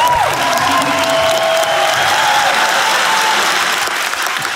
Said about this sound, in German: Bitte einen ganz besonderen Applaus an unsere super talentierte